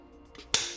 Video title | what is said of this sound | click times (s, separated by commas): The PS90 Pistol | clicks in place just like that and | 0.5 s